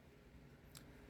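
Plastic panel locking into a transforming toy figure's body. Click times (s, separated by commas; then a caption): 0.8 s. A plastic panel on a transforming Hotrod robot toy figure is pushed into its locked position. It seats with a single sharp, bright click at 0.8 s over low background noise. No one talks.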